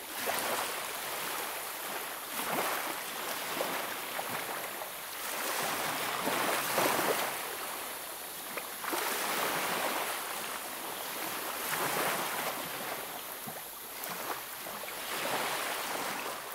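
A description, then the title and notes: Gentle sea waves wash onto a sandy beach, with a steady bright hiss of foam and water. Softer swells rise and fade every few seconds, peaking around 2, 6–7, 12 and 15 seconds, with little low rumble and no other sounds. The peaceful waves of a crystal clear turquoise sea washing the white sands of an exotic tropical beach on a pristine, wild island in Thailand.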